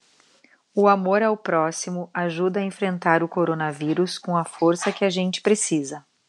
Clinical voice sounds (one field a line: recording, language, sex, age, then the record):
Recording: spoken sentence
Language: Brazilian Portuguese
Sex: female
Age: 40 to 49 years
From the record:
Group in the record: control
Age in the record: 43 years